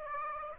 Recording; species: mosquito wingbeat signal from an infrared sensor; Aedes aegypti